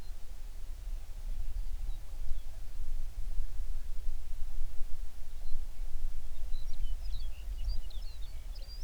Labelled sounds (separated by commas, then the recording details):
songbird
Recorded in the Prudhoe Bay oil fields, Alaska, on 11 June 2019 at 04:37
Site 21